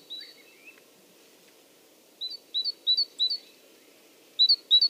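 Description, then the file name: Great tit giving repeated two-note see-saw phrases in short bursts, with softer descending notes near the start. "Parus major"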